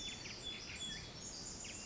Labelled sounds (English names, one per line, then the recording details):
Pacific Wren
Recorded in Sonoma County, California